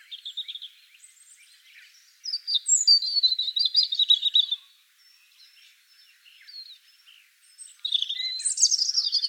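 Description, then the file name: European robin song with quiet thin notes, then a loud tumbling trilled phrase, a soft interlude, and a bright high warble at the end. "Erithacus rubecula"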